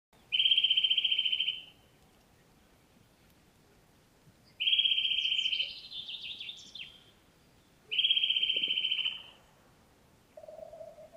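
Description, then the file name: Eurasian nuthatch giving fast, high trills of rapidly repeated notes, each burst lasting over a second, three bursts a few seconds apart, with a fainter descending trill between. "Sitta europaea"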